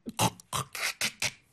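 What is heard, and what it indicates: Five rough, snorting bursts come in quick succession over about a second and a half, with a raspy, pig-like quality. An adult voice imitates snoring, the repeated noise made when the narrowed airway vibrates during sleep.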